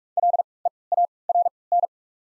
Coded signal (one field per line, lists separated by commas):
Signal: Morse code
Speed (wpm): 46 wpm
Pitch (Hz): 700 Hz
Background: none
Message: L E A R N